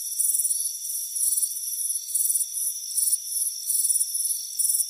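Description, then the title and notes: Cricket chirps, high and rapid, in short pulsed bursts against a continuous thin high hum. Warm afternoon, front porch. "Soothing Crickets Chirping Sound. It's a warm afternoon as you relax in a hammock on the front porch. Deep Sleep Sounds"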